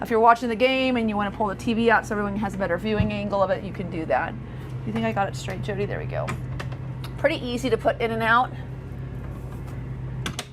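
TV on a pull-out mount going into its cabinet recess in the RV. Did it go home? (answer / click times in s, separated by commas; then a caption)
yes / 10.3 s. Someone talks while the pull-out TV on its swing mount in a Renegade IKON i4534RQ RV is pushed back into its cabinet recess. A sharp click at 10.3 s marks the mount snapping into place as the TV latches in its stowed position, followed by a couple of faint knocks.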